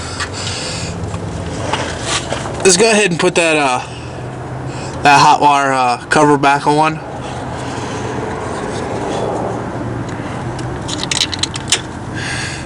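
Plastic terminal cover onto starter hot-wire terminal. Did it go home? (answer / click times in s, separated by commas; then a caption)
yes / 11.0 s, 11.1 s, 11.2 s, 11.3 s, 11.4 s, 11.7 s. A plastic protective cover is pressed back over the hot-wire terminal on the starter of a 2000 Toyota Tacoma after the wire has been tightened, while someone talks. A quick series of snaps is heard at 11.0, 11.1, 11.2, 11.3, 11.4 and 11.7 seconds as the cover seats in place.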